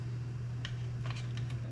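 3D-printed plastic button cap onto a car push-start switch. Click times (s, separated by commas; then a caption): 0.6 s. A custom 3D-printed plastic button cap is pressed back onto the push start/stop switch of a Coyote-swapped Datsun 240Z, snapping on with a sharp, loud click at 0.6 s over a steady low hum. A few quieter clicks follow around 1.1 s and 1.4 s. The cap is seated firmly, with little play.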